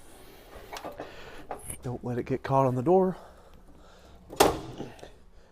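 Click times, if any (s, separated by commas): 4.4 s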